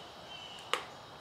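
After chain lube is added, a plastic cover is pressed onto an RC car differential housing. Against a quiet background with a faint high tone, a single sharp snap is heard at 0.7 s. The cover is seated in place.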